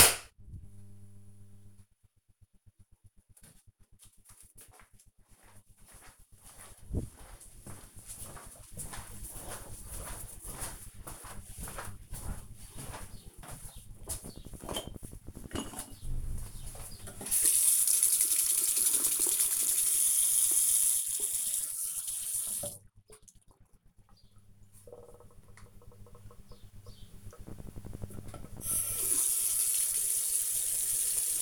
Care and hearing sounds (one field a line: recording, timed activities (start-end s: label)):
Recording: household activities, microphone on the right wrist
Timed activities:
27.82-31.42 s: brushing teeth